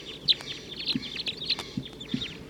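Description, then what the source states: Red Crossbill flock calls: scattered sharp downslurred chips from several birds, interrupted by a few low clicks and knocks. Wild flock calling in the treetops, taking off and coming back, perching lower in the tree.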